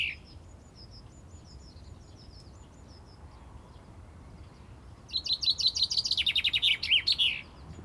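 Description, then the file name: Common chaffinch singing one fast cascading phrase of sharp repeated notes that drops in pitch before a closing flourish, preceded by thin, scattered high chirps in the background. "Fringilla coelebs"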